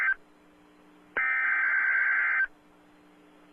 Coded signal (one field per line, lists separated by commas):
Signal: Emergency Alert System (SAME) tones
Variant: header bursts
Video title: EAS Alert #113- Severe T-storm Warning 5/29/12